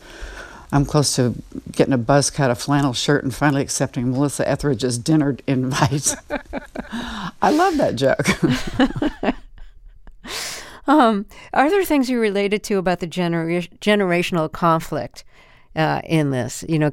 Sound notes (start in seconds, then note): 5.8 laughter; 8.2 laughter